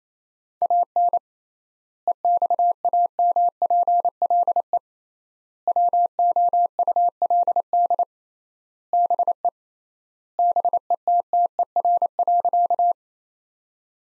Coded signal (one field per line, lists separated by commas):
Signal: Morse code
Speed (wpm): 28 wpm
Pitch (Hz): 700 Hz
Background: none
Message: AN EXAMPLE WOULD BE BETTER.